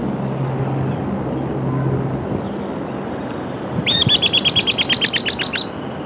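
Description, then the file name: Bird song: one fast, even trill of many high notes lasting nearly two seconds, with a low hum in the first part. "SABIOD"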